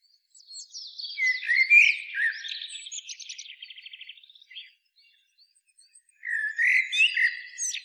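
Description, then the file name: Common blackbird song: a warbled phrase ending in a fast, rattling twitter. After a short pause, a second fluty phrase begins. "Turdus merula"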